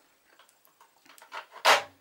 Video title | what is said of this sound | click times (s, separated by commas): ДОЗАТОР ЗУБНОЙ ПАСТЫ и держатель зубных щеток с ультрафиолетовой лампой. Как пользоваться дозатором | защелкиваете еще до завтра готов к работе точно | 1.2 s